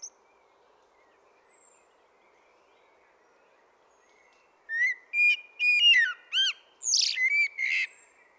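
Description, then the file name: Common blackbird song: near silence for several seconds, then a fluted low warble rising into sharp, high-pitched twitters. "Turdus merula"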